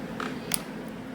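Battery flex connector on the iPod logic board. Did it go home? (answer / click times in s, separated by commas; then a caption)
released / 0.5 s. A spudger is run along the back of the battery flex connector on a 7th-generation iPod Classic logic board while the connector's white part is held down, during a repair for a swollen battery and headphone channel loss. A faint tick at 0.2 s is followed by a sharp, bright click at 0.5 s as the connector flips up and releases.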